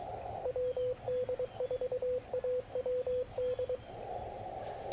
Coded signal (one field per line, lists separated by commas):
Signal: Morse code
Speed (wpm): 23 wpm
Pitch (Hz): 500 Hz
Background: radio noise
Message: WD4AWD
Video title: Morning Morse Code - 3/13/24